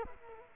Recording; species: mosquito wingbeat signal from an infrared sensor; Culex quinquefasciatus